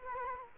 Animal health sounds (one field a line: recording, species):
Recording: mosquito wingbeat signal from an infrared sensor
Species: Culex quinquefasciatus